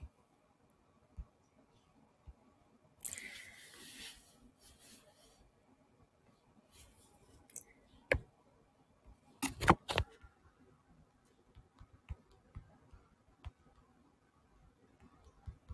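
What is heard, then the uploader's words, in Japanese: Hand picking: mostly quiet, with scattered small clicks and taps every second or so. A bright rustling scrape runs from about 3 to 4.5 seconds, and sharper knocks come near 8 seconds and in a quick cluster around 9.5 to 10 seconds. ハンドピッキング。Sujataはお話はいたしません。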